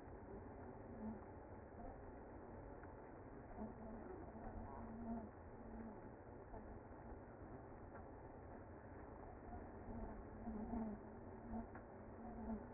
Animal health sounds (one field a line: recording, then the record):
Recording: honeybee colony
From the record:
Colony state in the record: active